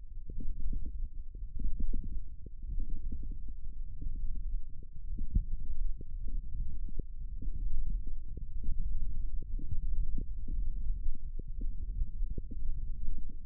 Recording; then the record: forearm muscle sounds (acoustic myography)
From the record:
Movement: tripod grip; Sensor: system 1, eight BSWA MPA416 microphones around the upper forearm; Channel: 8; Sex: male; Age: 18 years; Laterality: right